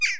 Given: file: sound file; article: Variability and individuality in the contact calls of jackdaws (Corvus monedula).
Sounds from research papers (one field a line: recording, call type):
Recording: jackdaw call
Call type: harmonic